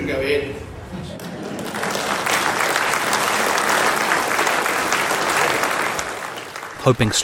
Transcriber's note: applause